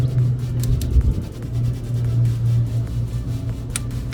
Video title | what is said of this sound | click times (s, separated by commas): January 19, 2024 | you can hear the torque wrench clicking. | 3.8 s